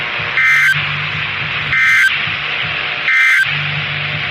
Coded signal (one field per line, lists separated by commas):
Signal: Emergency Alert System (SAME) tones